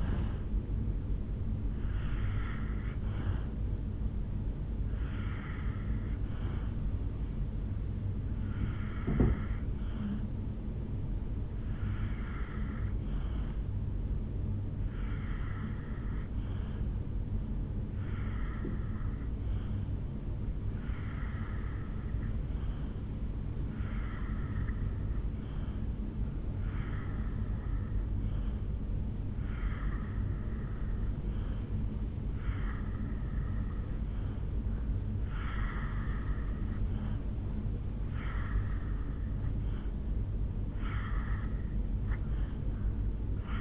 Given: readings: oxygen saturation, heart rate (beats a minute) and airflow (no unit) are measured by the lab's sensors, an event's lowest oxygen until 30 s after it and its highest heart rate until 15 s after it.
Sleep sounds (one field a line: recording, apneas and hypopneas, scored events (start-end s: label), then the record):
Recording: breathing in sleep by a smartphone at the bedside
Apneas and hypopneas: 1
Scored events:
19.00-39.10 s: obstructive apnea (N3, oxygen 93% highest, then 83% lowest, heart rate 61 at the start, 70 highest)
From the record:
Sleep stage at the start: N3 (deep sleep)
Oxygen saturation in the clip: 82 to 93%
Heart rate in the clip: 56 to 69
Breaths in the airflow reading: 6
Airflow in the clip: -2.6 to 3.3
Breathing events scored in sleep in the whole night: 449 in 7.0 hours asleep